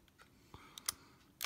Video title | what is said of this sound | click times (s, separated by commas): Aldebalan du taureau/SOG/Bandai myth cloth ex | c'est pas évident VO là vous avez entendu le clip faut vraiment bien pousser donc | 0.9 s